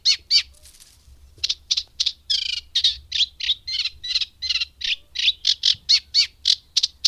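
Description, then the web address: Eurasian reed warbler song, two short harsh notes, a pause, then a chattering series of scratchy, repeated notes at an even pace. "agykontroll Madardalok Cd 3. Cserregő nádiposzáta"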